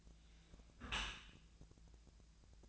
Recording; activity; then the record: daily activity, microphone in the room; close dishwasher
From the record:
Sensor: 2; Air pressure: 1000.3 hPa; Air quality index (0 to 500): 162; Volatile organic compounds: 3 ppm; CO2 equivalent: 1345 ppm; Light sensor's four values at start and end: 11/31/12/14 and 11/31/12/14